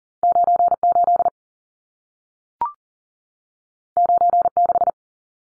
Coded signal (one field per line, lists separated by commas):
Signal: Morse code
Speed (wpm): 40 wpm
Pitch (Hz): 700 Hz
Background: none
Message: 98 96